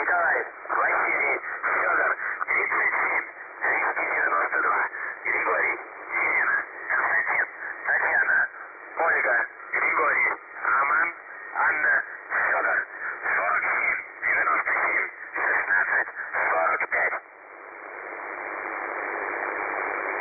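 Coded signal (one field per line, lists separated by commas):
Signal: numbers station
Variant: UVB-76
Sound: a voice reading short, evenly spaced words over a narrow radio channel, then hiss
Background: radio static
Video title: The Buzzer/UVB-76 Voice Message (December 3, 2020 11:04 UTC)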